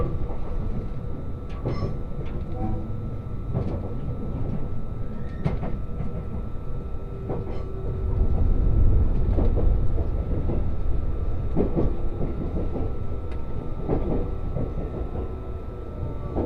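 A Resort Shirakami train runs along the Sea of Japan coast from Ajigasawa, its steady low rumble filling the clip. Irregular clicks and knocks from the wheels recur every second or so, with a faint steady tone above, and the rumble swells briefly around the middle.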